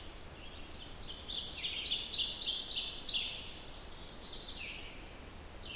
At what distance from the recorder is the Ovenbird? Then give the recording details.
about 35 m. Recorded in boreal forest in Alberta, Canada, on 27 June 2016 at 06:28. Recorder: SongMeter 3, array SBT-6-79. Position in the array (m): 134 m, 148 m. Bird 40